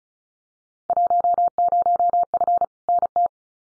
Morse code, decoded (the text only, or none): 10F NT